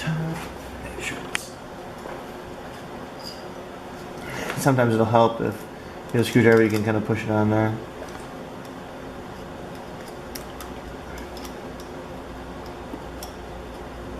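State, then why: Not seated. A steel snap ring is pushed by hand onto the clutch assembly of a Honda CB500 motorcycle, sometimes with help from a screwdriver, to snap it into its groove. Small scrapes and ticks are heard while someone talks from about 4.5 to 7.8 seconds. The ring has not snapped into place yet, and nothing has seated by the end of the clip.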